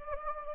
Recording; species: mosquito wingbeat signal from an infrared sensor; Anopheles gambiae